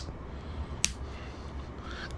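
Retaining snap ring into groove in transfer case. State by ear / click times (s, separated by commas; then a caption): seated / 0.8 s. A steel retaining snap ring is pushed into its groove during a Jeep Comanche 231 transfer case rebuild to lock a part in place. A single sharp snap rings out at 0.8 s over a low background hum, with a faint tick near 2.1 s. The ring is seated and clipped into the groove.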